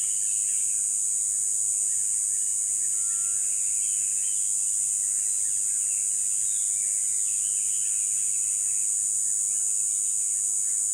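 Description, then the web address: Continuous shrill insect drone holding one high pitch throughout, while birds add brief chirps and a few thin whistled notes. Insects close by at a river at dawn in jungle rainforest. "river dawn insect close. dschungel regenwald"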